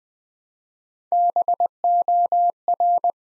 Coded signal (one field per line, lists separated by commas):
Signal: Morse code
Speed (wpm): 20 wpm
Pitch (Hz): 700 Hz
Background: none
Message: BOR